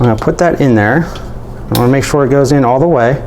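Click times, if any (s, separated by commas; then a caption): none. A hacksaw blade is being pushed into the blade slot of the plastic handle of a Dewalt 5 in 1 hacksaw (DWHT20547L) to set it up as a jab saw, while someone talks. The clip ends just before the blade goes all the way in, so nothing has seated or clicked yet.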